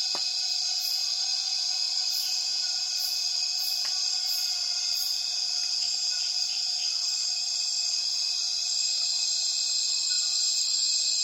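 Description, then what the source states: Cicada chorus: dense high buzzing throughout, while an extra piercing note pulses repeatedly in the first half, plus a few clicks. Many cicadas calling at dusk as the afternoon light fades, rainforest in Tawau Hills National Park, Borneo; recorded with Zoom F6 and Lom MikroUsi Pro microphones.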